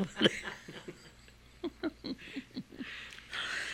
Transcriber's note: they laugh